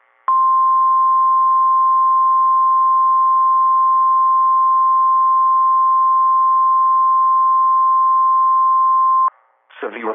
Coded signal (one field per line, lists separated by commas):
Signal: Emergency Alert System (SAME) tones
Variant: 1050 Hz attention tone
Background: speech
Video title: EAS Alerts From 6/29/23 (EAS #1868-1883)